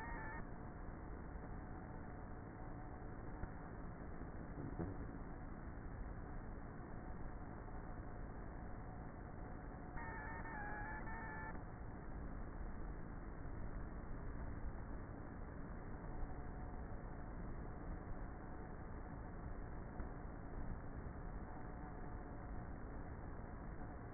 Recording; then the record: honeybee colony, microphone inside the hive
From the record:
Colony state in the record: queenless with a low population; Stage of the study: before two queens were removed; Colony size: about 30,000 bees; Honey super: no